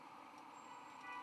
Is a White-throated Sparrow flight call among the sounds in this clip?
no